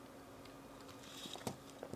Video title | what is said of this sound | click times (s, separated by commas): Canon 6D - Fixing the WORST dial ever made | I think these yeah they have to snap into place | 1.3 s, 1.5 s